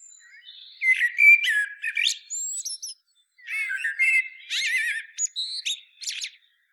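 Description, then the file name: Common blackbird song: warbles mixed with squeaky high twitters, in two phrases separated by a short pause. "Turdus merula"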